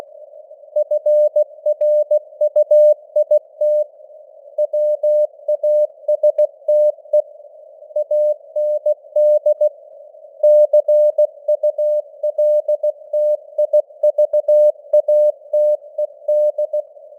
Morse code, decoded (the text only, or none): FRUIT WASTE AND CULTIVATED